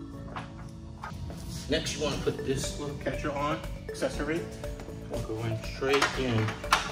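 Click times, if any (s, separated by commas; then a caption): none. A small catcher accessory is handled and pushed straight into an assembled stand frame while someone talks over background music. A couple of brief knocks are heard near 1.0 s and 1.3 s, but the clip ends before the part goes home, and nothing has seated or clicked yet.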